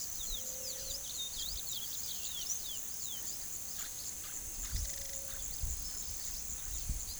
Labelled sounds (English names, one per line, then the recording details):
Chestnut-bellied Seed Finch
Yellow-rumped Cacique
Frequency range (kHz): Yellow-rumped Cacique 0.3-10.0 kHz
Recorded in pastures near Puerto Asís, Putumayo, Colombia, on 19 February 2024 at 08:30
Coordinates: 0.466, -76.323
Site G6384